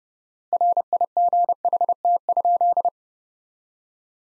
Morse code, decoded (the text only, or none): RIGHT?